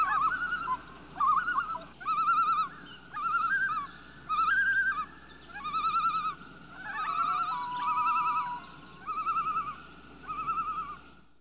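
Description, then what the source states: Loon flight calls, repeated quavering tremolo notes about once a second throughout, with wavering pitch and a few overlapping softer calls. Loon giving calls in flight.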